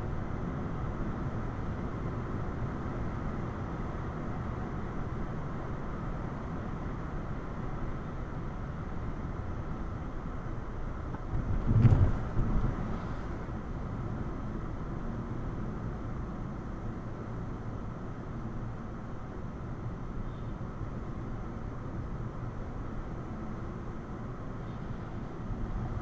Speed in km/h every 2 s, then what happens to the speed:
71, 71, 71, 71, 71, 61, 58, 55, 55, 56, 56, 56, 56.
0-8 steady at about 71. 8-14 slows to 55. 14-26 steady at about 56.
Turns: none.